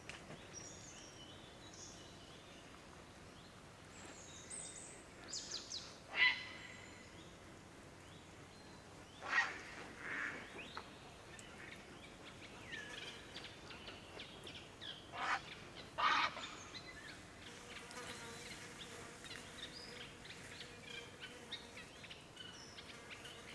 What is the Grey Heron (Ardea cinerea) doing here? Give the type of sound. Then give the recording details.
flight call. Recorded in the wild. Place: Niederspree, Niederspreer Teichgebiet, Sachsen, DE. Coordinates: 51.4067, 14.8819. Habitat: pond. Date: 2008-08-01. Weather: heiter, 20°C, windstill. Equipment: Fostex FR2-LE, 2 Sennheiser ME64, Rycote-Windschutz. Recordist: Frommolt, Karl-Heinz. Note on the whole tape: Am Waldteich: Flugrufe eines Graureihers